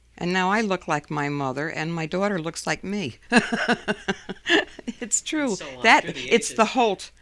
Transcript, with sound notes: Now I look like my mother and my daughter looks like me. ( she laughs ) It's true.
So, on through the ages.
That's the Holt.